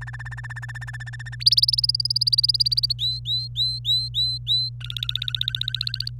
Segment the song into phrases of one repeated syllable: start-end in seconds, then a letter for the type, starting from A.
0.01-1.35 A, 1.40-2.93 B, 2.99-4.70 C, 4.81-6.10 D